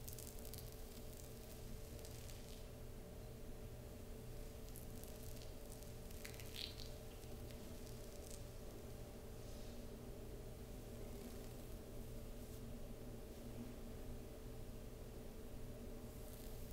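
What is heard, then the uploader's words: Slow, soft scratching over fabric runs, with brief rasping strokes that cluster around the middle and return near the end. A steady low hum sits underneath throughout, and the overall level stays even with no voice. Slow, gentle back scratch with fabric sounds no whisper.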